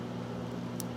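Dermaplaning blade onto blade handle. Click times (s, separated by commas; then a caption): 0.8 s. A dermaplaning blade handle, lined up with the line on the blade, is slid into the blade over a steady low hum. At 0.8 s the blade snaps onto the handle with a sharp, short click, and it is seated.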